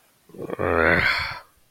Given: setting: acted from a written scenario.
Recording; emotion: vocal sound without words; shame